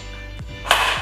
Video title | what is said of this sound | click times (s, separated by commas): How to Easily Assemble the Petique Newport Pet Stroller | hear a clicking sound so | 0.7 s